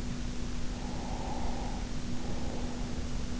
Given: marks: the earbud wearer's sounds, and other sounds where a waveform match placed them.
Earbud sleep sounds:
sounds in sleep by an in-ear microphone; breath
0.37-3.29 s: breath

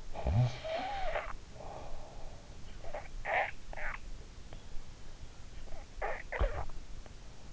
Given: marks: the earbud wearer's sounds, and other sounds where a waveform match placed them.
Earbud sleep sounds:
sounds in sleep by an in-ear microphone; snoring breath
0.00-2.46 s: snoring breath
2.85-4.50 s: snoring breath
5.61-7.04 s: snoring breath

